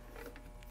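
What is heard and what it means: On a Nova metal bedside commode, the red release button on the drop arm is pressed and the latch lets go, so the arm swings down easily and instantly. A brief rustle is followed by sharp clicks at 0.4 s and 0.6 s as the drop arm latch releases.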